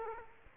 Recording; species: mosquito wingbeat signal from an infrared sensor; Aedes aegypti